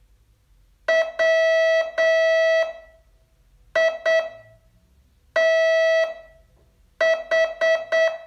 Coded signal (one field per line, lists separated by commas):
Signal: Morse code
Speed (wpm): 8 wpm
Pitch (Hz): 650 Hz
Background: none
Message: WITH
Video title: Learn Morse in 42 Days from VU2LAU - day 32 test